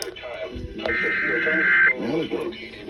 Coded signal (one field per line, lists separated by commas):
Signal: Emergency Alert System (SAME) tones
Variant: header bursts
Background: speech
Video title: (ARCHIVED) i just got home.. (EAS #206-207)